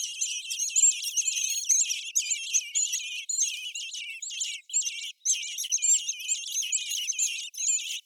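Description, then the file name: Eurasian blackbird giving a dense, continuous run of high, squeaky twittering notes with brief pauses, lasting throughout. "Turdus merula"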